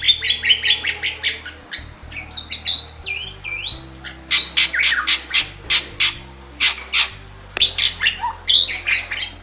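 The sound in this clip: Bali myna giving a dense string of harsh, squawky notes mixed with short rising whistles, loud bursts coming almost continuously, over a low steady hum.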